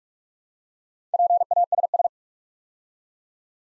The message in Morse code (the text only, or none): PASS